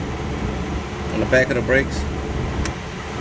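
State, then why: Seated. Someone talks over a steady background hum while the brake pad wear sensor on a Jaguar F-Type R snaps into the back of the brake pad backing plate. A single short, sharp click at 2.7 s marks the sensor seating.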